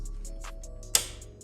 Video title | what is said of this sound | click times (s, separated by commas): Nothing fancy, Sissy bar install. | it'll click like that and you know it's locked into place | 0.9 s